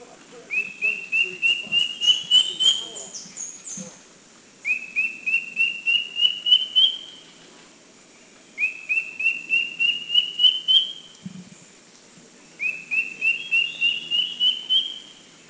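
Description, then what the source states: Philippine drongo-cuckoo singing four rising whistled phrases of about eight notes each, separated by short pauses. Recorded at Makiling, Philippines, in 2010.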